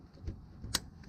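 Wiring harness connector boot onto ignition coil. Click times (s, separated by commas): 0.8 s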